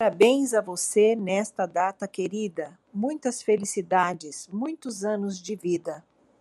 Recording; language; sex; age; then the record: short text; Brazilian Portuguese; female; 50 to 59 years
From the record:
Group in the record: control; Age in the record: 56 years